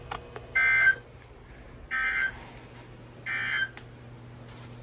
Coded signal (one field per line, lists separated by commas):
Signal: Emergency Alert System (SAME) tones